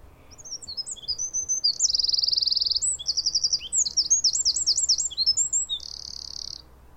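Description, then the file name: Eurasian wren song: one energetic, high-pitched phrase of quick notes, rattling trills and looping twitters lasting about six seconds, ending in a short buzzy trill. "Troglodytes troglodytes"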